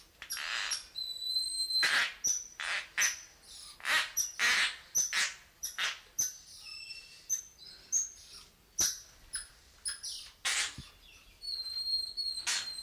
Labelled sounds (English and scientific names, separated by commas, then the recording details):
Tokay Gecko (Gekko gecko)
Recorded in captivity
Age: diverse
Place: Zoo Magdeburg, Sachsen-Anhalt, DE
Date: 1989-05-12 12:29
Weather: bedeckt, z.T. Regen, 12°C
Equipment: Sony WM-D6C, Kopie 19 cm
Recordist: Tembrock, Günter